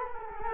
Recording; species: mosquito wingbeat signal from an infrared sensor; Culex quinquefasciatus